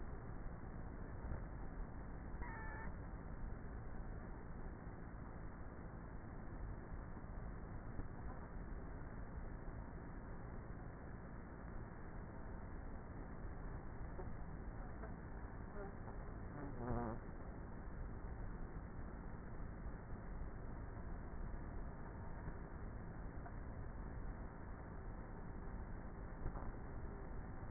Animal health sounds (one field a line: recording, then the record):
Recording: honeybee colony, microphone inside the hive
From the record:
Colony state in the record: queenless with a low population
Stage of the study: before two queens were removed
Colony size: about 30,000 bees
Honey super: no